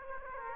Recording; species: mosquito wingbeat signal from an infrared sensor; Aedes aegypti